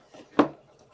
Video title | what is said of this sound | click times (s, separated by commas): 04/19/24 - IQ Designer - Grandma's Sweatshirt But Better | this plate can go in so there's little Nubs that this goes into and it just snaps in place here | 0.4 s